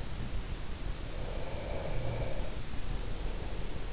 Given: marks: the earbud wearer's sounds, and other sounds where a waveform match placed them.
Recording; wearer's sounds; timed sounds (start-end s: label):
sounds in sleep by an in-ear microphone; breath
1.07-3.87 s: breath